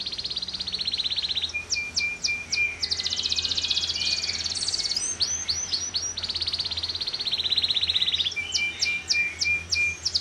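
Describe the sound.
Bird song: a continuous high trill broken by clipped whistled notes and short descending phrases, with a low hum underneath.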